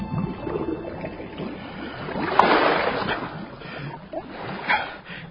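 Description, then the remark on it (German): A steamboat chugs across the water as it approaches, a steady churning wash of engine and splashing noise with a louder surge midway and a brief swell near the end. “Der Dampfer tuckerte heran.”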